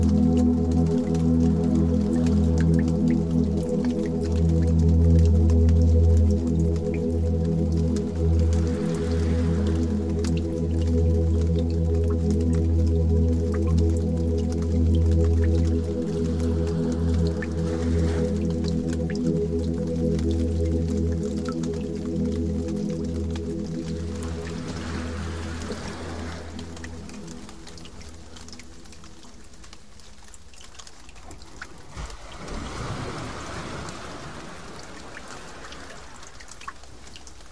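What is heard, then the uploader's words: Water droplets fall in a resonant space, with faint scattered drips over a loud, low humming drone made of stacked steady tones. The hum stays heavy for the first half, fades after about 27 seconds, and a brief washy swell rises near 32 seconds. Water Droplets Sound Effect.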